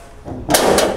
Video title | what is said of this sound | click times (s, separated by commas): 50'S & 60'S Chevy & GMC Truck Door Latch/Striker Adjustment/Alignment | two clicks i'll pull it back a little bit i'll | 0.6 s